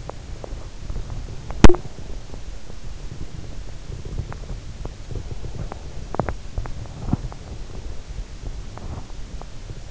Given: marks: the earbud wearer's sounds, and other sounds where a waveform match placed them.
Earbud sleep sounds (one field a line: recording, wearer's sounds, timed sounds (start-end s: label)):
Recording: sounds in sleep by an in-ear microphone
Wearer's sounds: teeth grinding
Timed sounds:
0.00-1.99 s: teeth grinding
4.30-8.05 s: teeth grinding